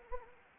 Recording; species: mosquito wingbeat signal from an infrared sensor; Anopheles arabiensis